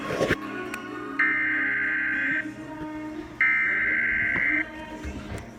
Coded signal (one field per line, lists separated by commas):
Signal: Emergency Alert System (SAME) tones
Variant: header bursts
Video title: Flash Flood Warning EAS #114